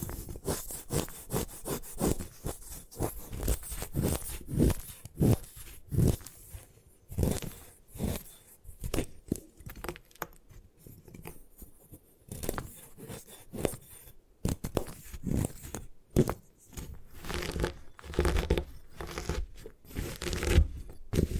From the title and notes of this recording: ASMR Satisfying Ways to Destroy Gym Chalk (No Talking).